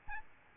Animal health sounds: mosquito wingbeat signal from an infrared sensor; Aedes albopictus

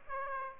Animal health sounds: mosquito wingbeat signal from an infrared sensor; Aedes aegypti

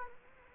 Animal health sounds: mosquito wingbeat signal from an infrared sensor; Culex quinquefasciatus

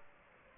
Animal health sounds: mosquito wingbeat signal from an infrared sensor; Aedes aegypti

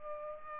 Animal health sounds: mosquito wingbeat signal from an infrared sensor; Culex pipiens

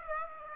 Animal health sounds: mosquito wingbeat signal from an infrared sensor; Aedes aegypti

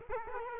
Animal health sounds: mosquito wingbeat signal from an infrared sensor; Culex quinquefasciatus

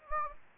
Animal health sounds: mosquito wingbeat signal from an infrared sensor; Anopheles gambiae

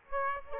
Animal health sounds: mosquito wingbeat signal from an infrared sensor; Aedes aegypti

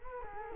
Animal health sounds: mosquito wingbeat signal from an infrared sensor; Culex quinquefasciatus

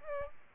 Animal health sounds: mosquito wingbeat signal from an infrared sensor; Aedes albopictus

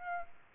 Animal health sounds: mosquito wingbeat signal from an infrared sensor; Aedes aegypti

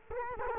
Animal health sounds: mosquito wingbeat signal from an infrared sensor; Culex quinquefasciatus

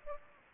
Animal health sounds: mosquito wingbeat signal from an infrared sensor; Aedes aegypti

